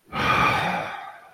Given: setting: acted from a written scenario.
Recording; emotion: vocal sound without words; anger